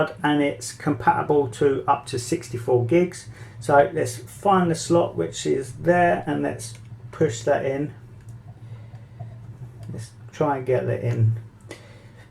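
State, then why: Not seated. A micro SD card is lined up with the card slot of a 4K action camera with a 2.5-inch touch screen, ready to be pushed home. Someone talks throughout, with a faint short tap near 11.7 seconds. Nothing has seated or clicked yet.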